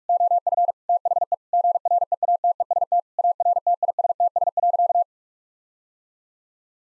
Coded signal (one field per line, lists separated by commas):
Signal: Morse code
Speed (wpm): 46 wpm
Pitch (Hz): 700 Hz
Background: none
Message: OF THE GREATEST ARTISTS.